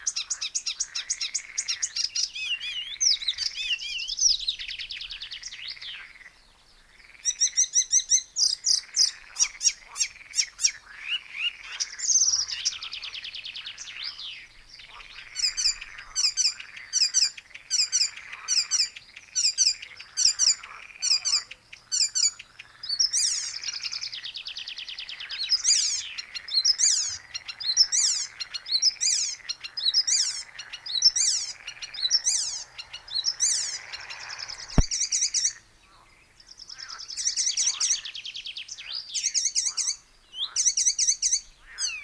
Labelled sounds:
Icterine Warbler song

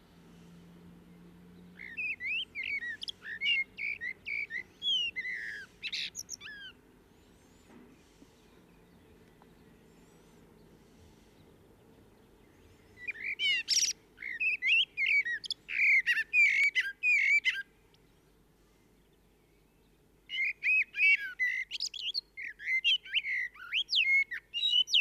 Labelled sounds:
Common Blackbird song

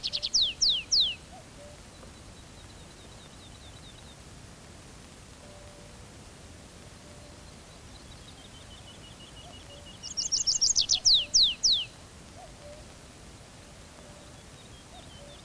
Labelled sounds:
Tree Pipit song

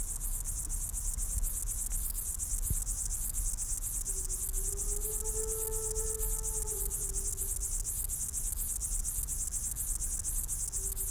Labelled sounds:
Upland Field Grasshopper

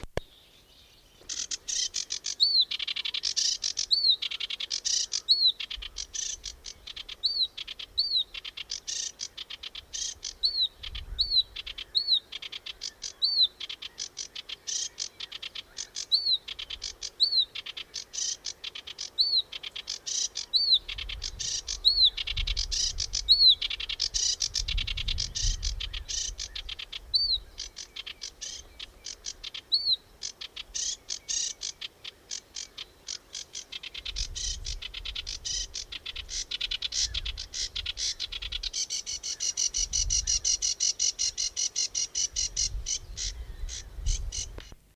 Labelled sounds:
Sedge Warbler song

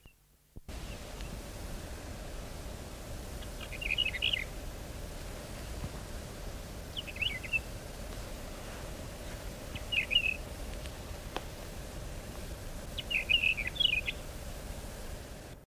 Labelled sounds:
Mourning Wheatear song

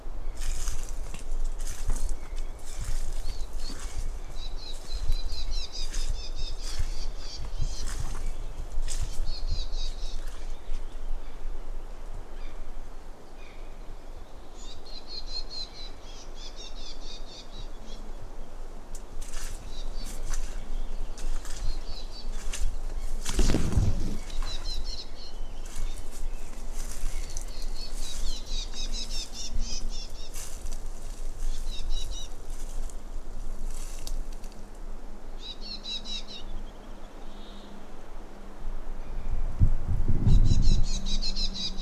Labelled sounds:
Willow Warbler

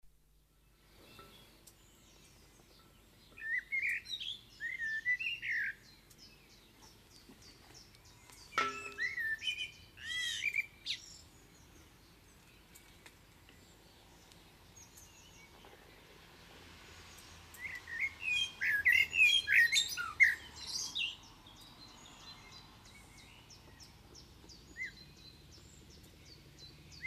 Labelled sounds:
Common Blackbird song

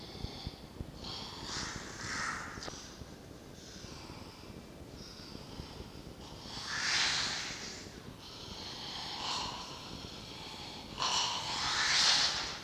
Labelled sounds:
Red Fox

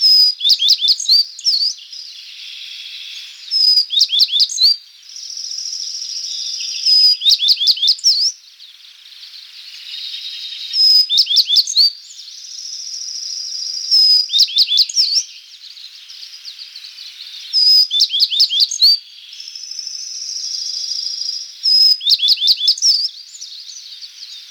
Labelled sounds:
Tristram's Bunting song

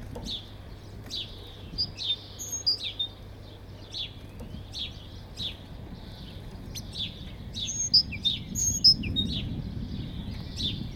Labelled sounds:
Great Tit call

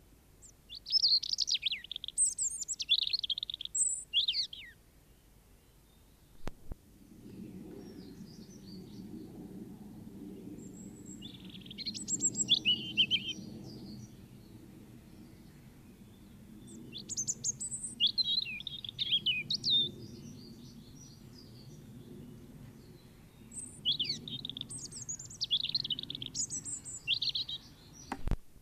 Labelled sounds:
European Robin song

